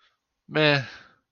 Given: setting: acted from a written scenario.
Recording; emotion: vocal sound without words; neutral